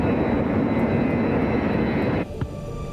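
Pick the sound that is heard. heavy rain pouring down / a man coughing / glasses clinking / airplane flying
airplane flying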